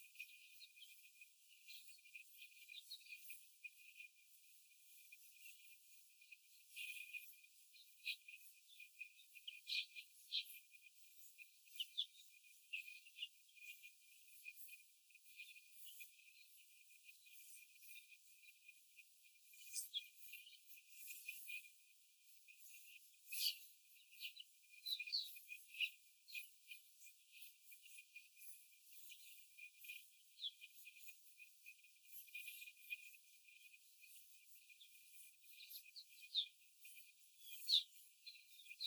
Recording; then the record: young laying hens in a cage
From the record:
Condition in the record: after the stressor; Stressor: simulated dog barking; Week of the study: 4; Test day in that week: 1